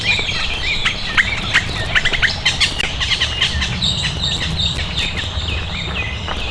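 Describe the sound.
Bird squawks, a dense run of harsh, overlapping calls repeated rapidly and irregularly throughout, with a low rumbling background.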